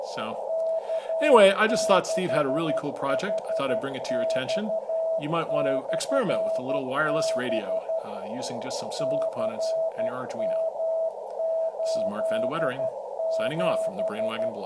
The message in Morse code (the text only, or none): K6HX/B CM87